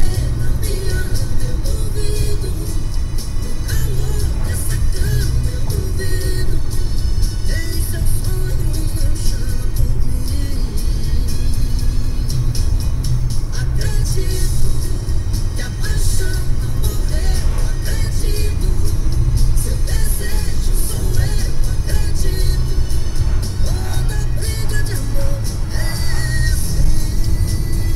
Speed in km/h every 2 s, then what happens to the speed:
88, 85, 86, 87, 89, 90, 88, 89, 92, 95, 93, 90, 90, 91.
0-28 steady at about 89.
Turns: none.